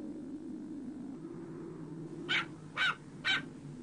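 A dog lets out three quick, evenly spaced barks after a stretch of low, steady background rumble; each bark is short and sharp, rising clearly above the hum.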